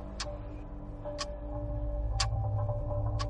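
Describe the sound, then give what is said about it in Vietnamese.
A clock ticks steadily, four crisp, sharp ticks spaced about one second apart, sounding over a low, constant background hum with no voices. “Kim đồng hồ vẫn chạy được.”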